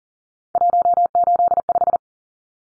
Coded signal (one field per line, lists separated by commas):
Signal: Morse code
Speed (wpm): 40 wpm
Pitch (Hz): 700 Hz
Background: none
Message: 185